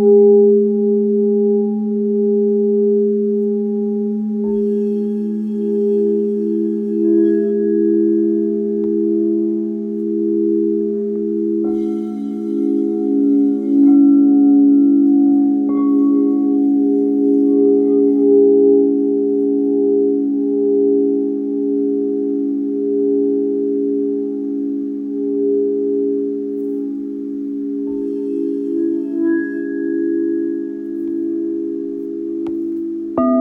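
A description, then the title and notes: Sound bath of singing bowls holding a steady, humming drone around low-middle pitches, with slow beating swells in the tone. Fresh bowl strikes ring in near 5, 12 and 16 seconds, adding brighter overtones that fade gradually. Faint tiny taps surface occasionally. Live Virtual Sound Bath.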